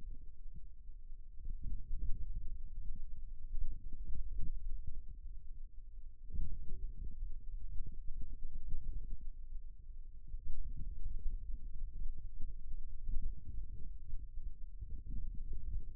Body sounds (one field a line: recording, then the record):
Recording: forearm muscle sounds (acoustic myography)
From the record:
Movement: radial deviation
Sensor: system 2, bracelet of six BSWA MPA416 microphones around the upper forearm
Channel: 2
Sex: male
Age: 22 years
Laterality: right